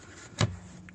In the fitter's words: basically this retainer just slides into place snaps